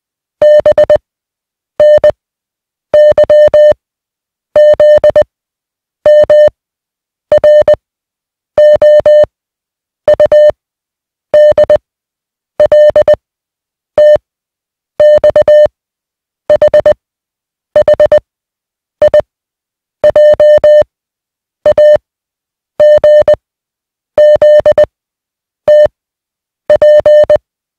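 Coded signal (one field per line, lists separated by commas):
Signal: Morse code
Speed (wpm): 20 wpm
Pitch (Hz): 600 Hz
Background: music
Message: B N Y Z M R O U D L T X H H I J A G Z T P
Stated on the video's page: Morse receiving practice of 150 random single characters at 20 wpm.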